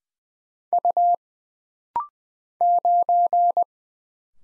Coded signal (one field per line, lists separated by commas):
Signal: Morse code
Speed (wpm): 20 wpm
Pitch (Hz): 700 Hz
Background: none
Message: U 9